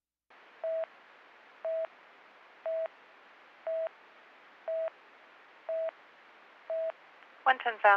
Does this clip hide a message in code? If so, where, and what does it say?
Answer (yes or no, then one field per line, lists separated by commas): no